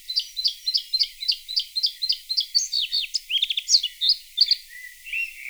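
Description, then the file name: Bluethroat song opening with a fast series of identical ringing notes, then breaking into varied twangy and buzzy phrases. Played back. "Blaahals"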